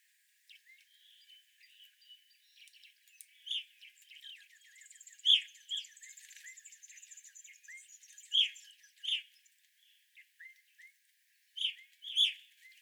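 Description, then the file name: Evening grosbeak calls: strong clear chirps, some in pairs, with a high buzzy sound and soft chatter between. Evening grosbeaks, recorded 25 April 2021. "2021-04-25 Evening Grosbeaks"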